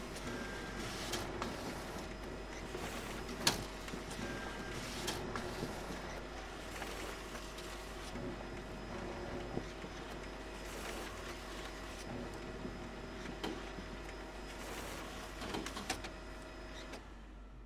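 A printer runs steadily for the whole stretch, a dense mechanical whir with a constant low hum underneath. Short clicks and brief rattling bursts come every second or two, with one sharper knock near the four-second mark. The level stays fairly even throughout.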